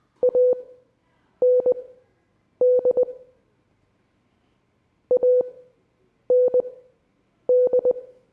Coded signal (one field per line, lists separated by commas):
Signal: Morse code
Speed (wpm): 20 wpm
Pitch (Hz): 500 Hz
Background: none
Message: AND AND